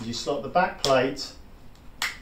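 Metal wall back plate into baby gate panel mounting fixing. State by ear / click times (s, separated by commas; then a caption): seated / 2.0 s. The metal back plate of a Safetots Metal Multi Panel Wall Mounting Kit for a baby gate panel is slotted through the holes of the mounting fixing and pushed up while someone talks. A faint tick comes at 1.8 s, then a sharp click at 2.0 s as the back plate seats in position on the fixing.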